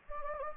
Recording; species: mosquito wingbeat signal from an infrared sensor; Anopheles gambiae